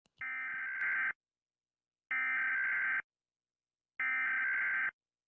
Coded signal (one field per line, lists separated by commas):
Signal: Emergency Alert System (SAME) tones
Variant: header bursts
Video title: Rating eas alarms pt 1